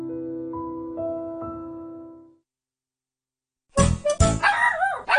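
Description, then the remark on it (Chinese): A steady sustained tone fades into silence, then a dog breaks in with a quick run of loud, sharp barks and higher yelping yips. “当我们不舒服的时候，会找医护人员帮手，譬如是医生、护士，但是原来狗狗都帮到我们。”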